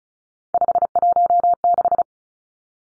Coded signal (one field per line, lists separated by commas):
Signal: Morse code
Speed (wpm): 34 wpm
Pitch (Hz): 700 Hz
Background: none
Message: 516